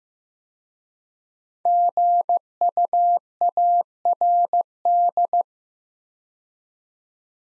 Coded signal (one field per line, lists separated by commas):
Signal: Morse code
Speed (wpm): 15 wpm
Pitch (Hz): 700 Hz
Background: none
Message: GUARD